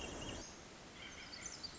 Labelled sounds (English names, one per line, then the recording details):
Pacific Wren
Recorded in Sonoma County, California